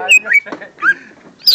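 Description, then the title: Greater green leafbird with a short mixed phrase of whistles and warbled notes, a brief gap, then one bright, high, descending note. "Kicau Burung Cucak Ijo"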